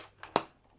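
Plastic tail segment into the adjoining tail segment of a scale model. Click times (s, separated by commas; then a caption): 0.4 s. A plastic tail segment of a build-up Xenomorph scale model is brought over the top of the adjoining tail segment and pressed into place. A faint contact tick at 0.2 s precedes a sharp, bright snap at 0.4 s as the segment clicks in and seats.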